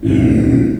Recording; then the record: squeal of a Yucatan mini pig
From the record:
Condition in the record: after surgery on the right vocal fold (resection and tissue-engineered implant); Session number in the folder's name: 1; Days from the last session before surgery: 13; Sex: female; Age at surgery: 19 weeks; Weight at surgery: 25 kg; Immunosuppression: prednisolone